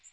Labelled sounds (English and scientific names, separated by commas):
Magnolia Warbler (Setophaga magnolia) flight call